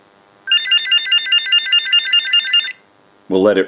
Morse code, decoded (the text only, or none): none